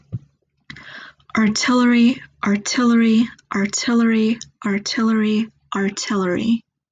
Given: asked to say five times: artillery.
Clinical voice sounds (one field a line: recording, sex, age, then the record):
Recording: repeated word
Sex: female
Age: 20 to 29 years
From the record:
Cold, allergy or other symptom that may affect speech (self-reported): no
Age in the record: 24 years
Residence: Ohio, United States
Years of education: 19